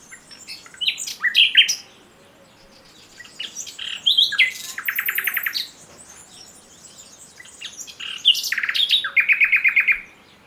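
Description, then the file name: Common nightingale song: varied phrases of sharp chirps, a fast buzzy rattle in the middle, and a closing run of rapid repeated whistled notes, with pauses between phrases. "Luscinia megarhynchos"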